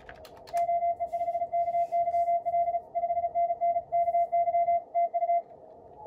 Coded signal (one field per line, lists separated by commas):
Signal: Morse code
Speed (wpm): 36 wpm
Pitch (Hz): 690 Hz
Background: radio noise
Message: OE5KYL 5NN KY TU